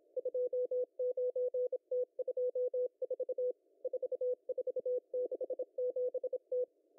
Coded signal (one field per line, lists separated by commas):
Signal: Morse code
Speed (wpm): 27 wpm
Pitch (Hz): 500 Hz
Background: none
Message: 29T24 4467T